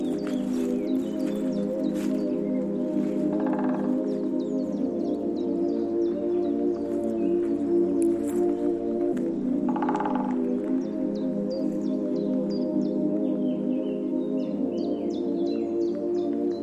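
Mountain sounds: a steady, layered humming drone, like a ringing singing bowl, holds at an even level for the whole clip. It swells briefly brighter around 4 and 10 seconds. Short high bird chirps and tweets come and go throughout.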